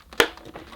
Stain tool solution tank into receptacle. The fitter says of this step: You will hear a click.